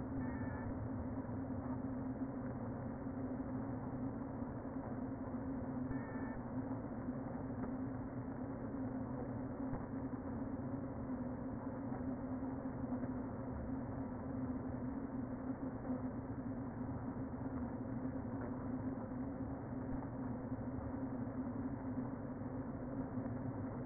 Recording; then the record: honeybee colony, microphone inside the hive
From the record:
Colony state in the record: queen present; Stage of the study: before two queens were removed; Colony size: about 60,000 bees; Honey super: yes